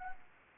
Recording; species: mosquito wingbeat signal from an infrared sensor; Anopheles gambiae